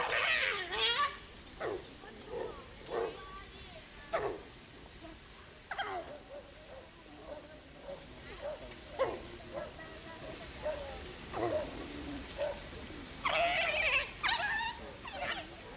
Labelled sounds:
African Wild Dog aggressive call

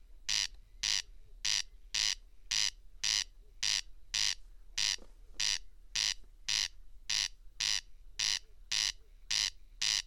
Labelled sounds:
Corn Crake song

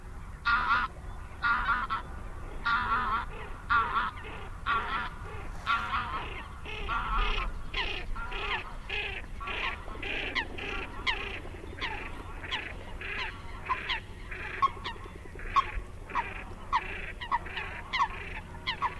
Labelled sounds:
Greylag Goose call

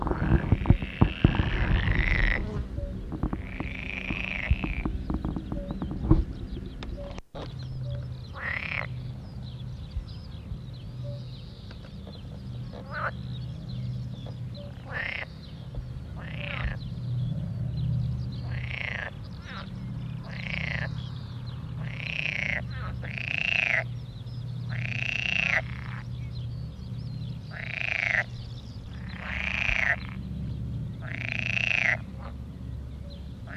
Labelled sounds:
Pool Frog call

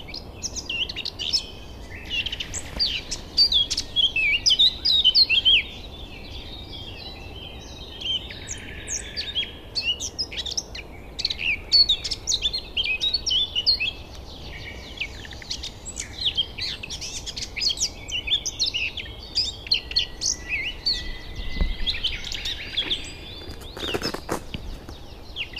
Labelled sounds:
Eurasian Blackcap

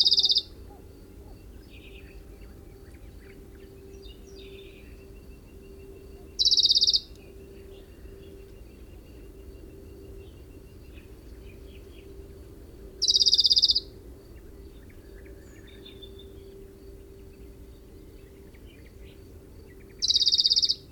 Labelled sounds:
Western Bonelli's Warbler song

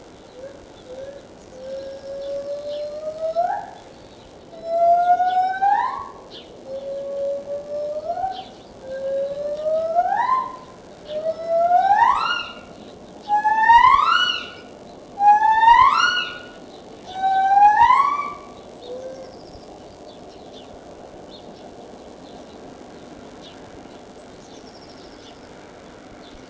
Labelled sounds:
Lar Gibbon call

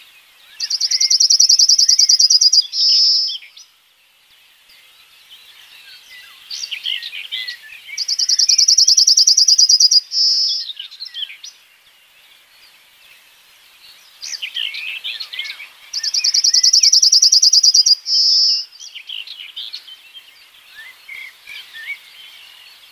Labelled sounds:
Yellowhammer song

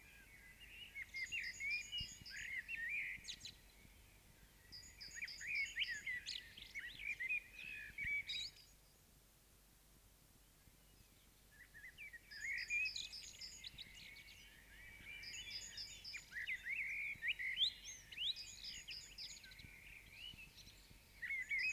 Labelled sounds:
Common Blackbird song

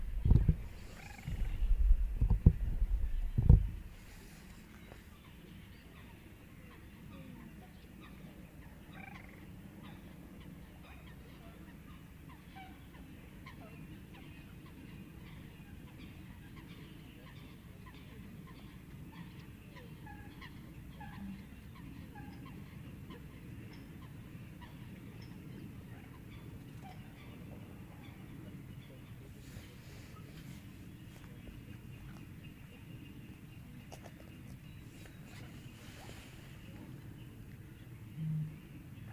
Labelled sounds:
Little Crake call

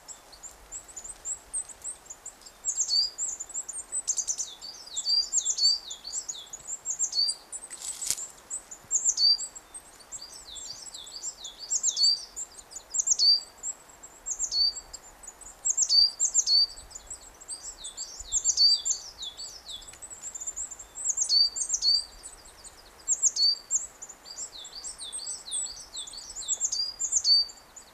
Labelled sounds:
Coal Tit song

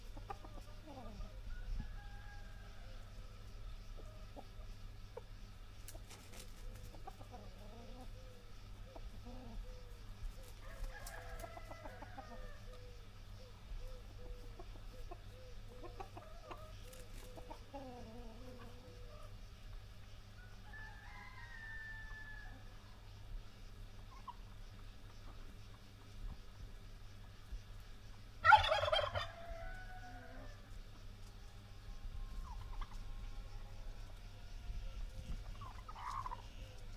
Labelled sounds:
Wild Turkey call

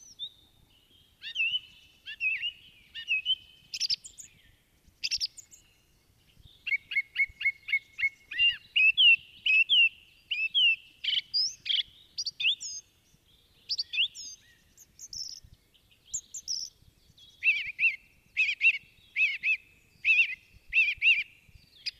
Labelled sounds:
Song Thrush song

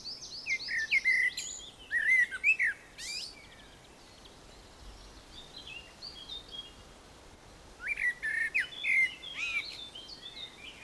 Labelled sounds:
Common Blackbird

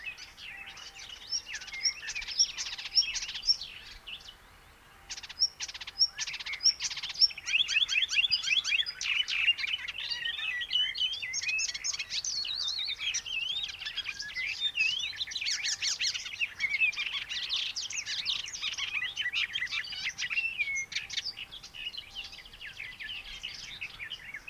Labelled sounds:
Icterine Warbler song

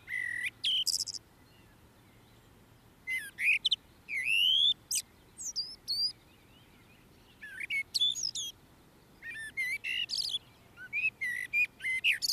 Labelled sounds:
Common Blackbird song

